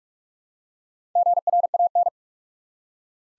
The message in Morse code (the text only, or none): GRAN